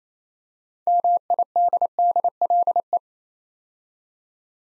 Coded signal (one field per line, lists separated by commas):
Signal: Morse code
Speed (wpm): 28 wpm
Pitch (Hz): 700 Hz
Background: none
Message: MIDDLE